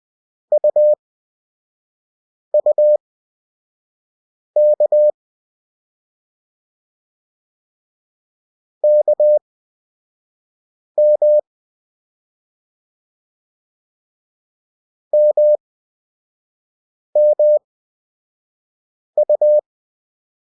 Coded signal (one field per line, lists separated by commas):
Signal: Morse code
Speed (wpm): 20 wpm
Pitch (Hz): 600 Hz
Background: none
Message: UUK KM MMU